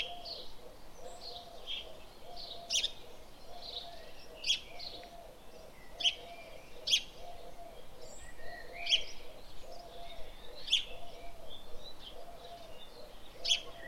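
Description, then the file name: House sparrow chirping in short, sharp notes every second or two, with a soft repeated lower warbling pattern running steadily underneath. "Passer domesticus"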